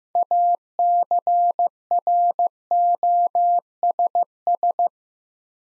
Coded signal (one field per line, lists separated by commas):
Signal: Morse code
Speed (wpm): 15 wpm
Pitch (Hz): 700 Hz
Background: none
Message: ACROSS